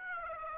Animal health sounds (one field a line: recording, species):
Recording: mosquito wingbeat signal from an infrared sensor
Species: Aedes aegypti